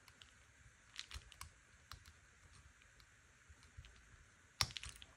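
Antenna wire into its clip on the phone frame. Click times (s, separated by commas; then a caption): 4.6 s. During a Samsung A32 5G screen replacement, the thin antenna coax wire is pressed into its plastic clip on the phone frame. Several faint ticks and small handling noises come first, then a strong, sharp click at 4.6 s with a few quick small taps right after it. The first antenna wire is confirmed clipped in.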